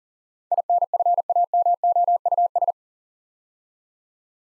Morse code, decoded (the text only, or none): INFAMOUS